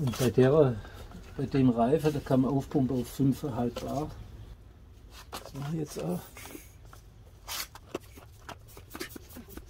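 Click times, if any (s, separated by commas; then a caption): none. Someone talks while handling a bicycle pump part toward its holder after inflating a tyre, during a road-bike tube-with-sealant repair using a PROPHETE patch kit. Soft handling and rustling noises follow the speech, with brief faint knocks near the end. Nothing has seated or clicked yet.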